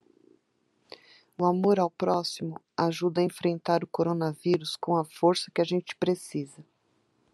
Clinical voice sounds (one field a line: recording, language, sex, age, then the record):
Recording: spoken sentence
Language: Brazilian Portuguese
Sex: female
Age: 50 to 59 years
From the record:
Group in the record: control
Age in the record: 51 years